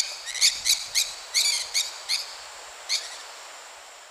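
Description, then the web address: Maroon-tailed parakeet calls: several short, harsh, grating notes in quick succession, then one more after a pause. Recorded in Ecuador. "Natures Songs S America Birds of Ecuador Maroon-tailed Parakeet"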